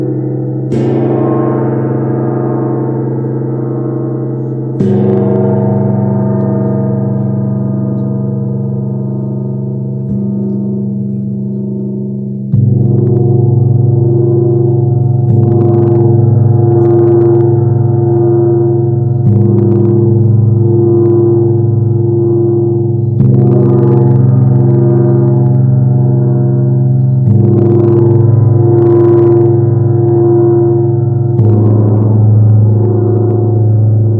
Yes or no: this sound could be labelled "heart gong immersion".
yes